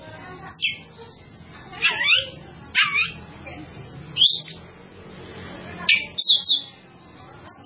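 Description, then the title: Java sparrow giving scattered sharp chirps and short notes in several separate bursts with gaps between them. "kicau gelatik"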